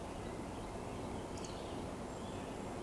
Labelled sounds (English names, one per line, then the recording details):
Eurasian Woodcock whistle
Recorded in Baden-Württemberg, Germany, on 12 June 2020 at 19:44 UTC
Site 14569, 102 m above sea level